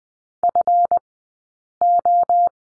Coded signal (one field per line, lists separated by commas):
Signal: Morse code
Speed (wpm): 19 wpm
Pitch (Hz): 700 Hz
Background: none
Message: FO